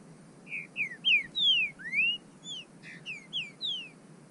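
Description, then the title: Bird giving a rapid string of clear whistles, mixing falling and rising slurs, roughly three notes a second. "burung"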